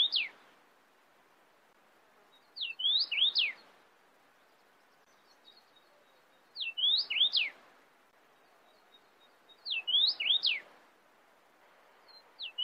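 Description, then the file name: Cardinal singing a short phrase of sweeping whistled notes, repeated roughly every three to four seconds, with faint thin high tones between phrases. "tieng chim hong y giao chu don sac"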